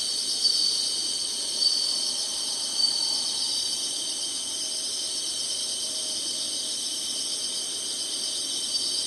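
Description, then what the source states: Insects producing a constant shrill, pulsing buzz in chorus, a few brief louder surges near the start. Singing insects in summer.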